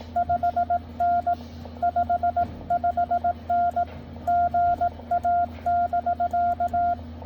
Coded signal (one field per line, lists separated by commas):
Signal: Morse code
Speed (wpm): 18 wpm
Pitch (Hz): 700 Hz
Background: none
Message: 5N 55N GA<BK>